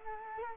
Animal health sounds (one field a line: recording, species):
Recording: mosquito wingbeat signal from an infrared sensor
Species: Culex quinquefasciatus